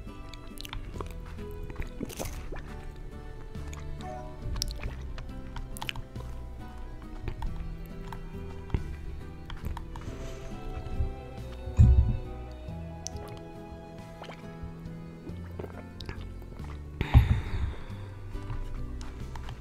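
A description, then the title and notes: Gum chewing mouth sounds: a steady run of wet, sticky smacks and clicks with soft low squelches underneath, packed densely throughout. A few louder, sharper snaps stand out, one near twelve seconds and another around seventeen seconds. Gum Chewing Mouth Sounds.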